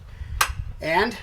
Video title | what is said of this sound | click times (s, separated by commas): RCPilot.com RC Van Build Series - Episode 4: Cabinets, Table & Upper Deck (Part 2) | and then there's a couple of locks down here which i will just click into place | 0.4 s